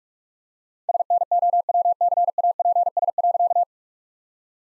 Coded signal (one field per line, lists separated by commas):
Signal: Morse code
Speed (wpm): 46 wpm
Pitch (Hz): 700 Hz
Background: none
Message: SNOWCAPS.